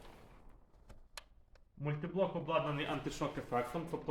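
The tilt lock lever on an office chair's multiblock tilt mechanism is lifted to release the tilt lock, and a sharp click is heard at 1.2 s, with fainter ticks around it. Someone then talks, and the tilt lock is released.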